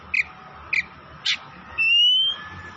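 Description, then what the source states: Oriental magpie-robin giving three short chipping notes, then one sustained whistle that rises slightly. Tretes kacer singing vigorously, described as gacor.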